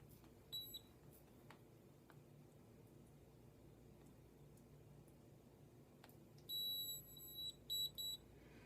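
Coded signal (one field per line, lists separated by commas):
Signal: beep code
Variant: Nu Skin Galvanic Face Spa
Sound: a brief high beep, then one long high beep followed by two short beeps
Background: room hiss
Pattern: 1 long, 2 short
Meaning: The five-minute session is finished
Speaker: so that long beep indicates that your five minute session is finished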